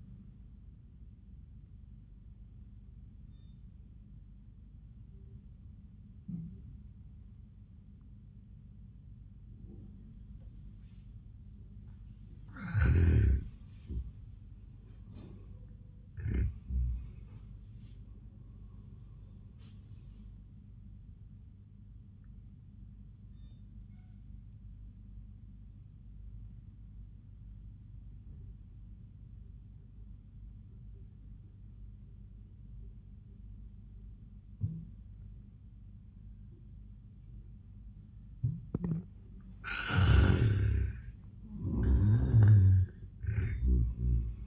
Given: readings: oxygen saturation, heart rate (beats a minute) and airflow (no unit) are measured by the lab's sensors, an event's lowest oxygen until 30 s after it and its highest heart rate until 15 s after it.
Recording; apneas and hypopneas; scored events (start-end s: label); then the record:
breathing in sleep by a smartphone at the bedside; 2
3.00-14.10 s: obstructive apnea (N1, oxygen 82% highest, then 82% lowest)
25.00-39.30 s: obstructive apnea (N1, oxygen 96% highest, then 79% lowest)
From the record:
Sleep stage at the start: N1 (lightest sleep); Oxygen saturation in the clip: 77 to 96%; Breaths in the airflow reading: 4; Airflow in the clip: -16.8 to 19.5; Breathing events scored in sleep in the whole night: 400 in 8.7 hours asleep